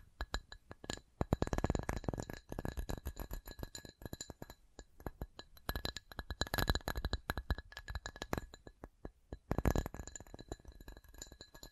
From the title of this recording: ASMR 10 Levels of Tapping